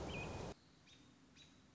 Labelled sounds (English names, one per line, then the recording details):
American Robin
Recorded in Sonoma County, California